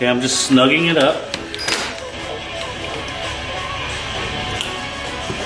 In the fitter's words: there we go it's now clicked into place